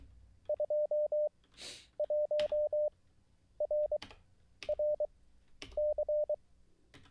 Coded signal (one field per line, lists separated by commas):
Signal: Morse code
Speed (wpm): 23 wpm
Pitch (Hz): 600 Hz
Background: none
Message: 21RRC